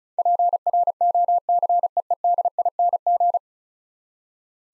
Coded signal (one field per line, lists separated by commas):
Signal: Morse code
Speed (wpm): 36 wpm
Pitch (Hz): 700 Hz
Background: none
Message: PROCEEDING